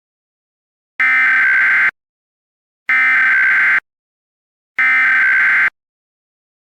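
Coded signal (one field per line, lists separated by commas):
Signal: Emergency Alert System (SAME) tones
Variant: header bursts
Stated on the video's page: Valid EAS tones in a fictional scenario about a wolf threat.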